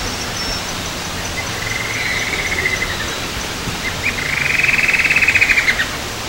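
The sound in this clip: Bird call, a fast thin trill that arches gently in pitch, given twice, the second louder and longer, over steady hiss-like background noise.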